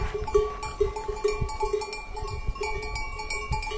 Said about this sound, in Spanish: Las cabras